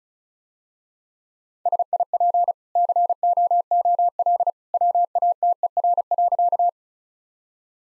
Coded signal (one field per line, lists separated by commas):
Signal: Morse code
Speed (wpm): 34 wpm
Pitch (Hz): 700 Hz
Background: none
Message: SIP COOL WATER.